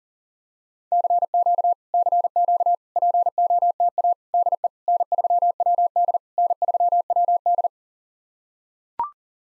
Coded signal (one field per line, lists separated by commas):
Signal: Morse code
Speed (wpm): 39 wpm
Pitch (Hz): 700 Hz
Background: none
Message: CQ CQ POTA DE N3WD N3WD